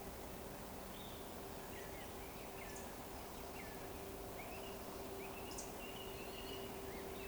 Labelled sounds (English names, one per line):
Eurasian Woodcock